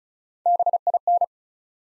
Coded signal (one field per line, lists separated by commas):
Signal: Morse code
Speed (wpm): 36 wpm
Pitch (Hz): 700 Hz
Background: none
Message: BIN